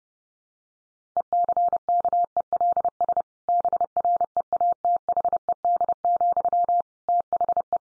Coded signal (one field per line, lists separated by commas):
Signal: Morse code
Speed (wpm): 30 wpm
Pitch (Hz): 700 Hz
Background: none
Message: ECKELS BREATHED, THE